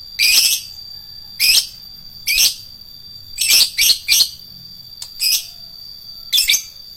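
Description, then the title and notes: Lovebird calls with loud, shrill buzzy chirps, some in quick pairs or triplets, separated by brief pauses. Adult fighter-type lovebird. "LOVEBIRD FIGTER. Lovebird Dewasa"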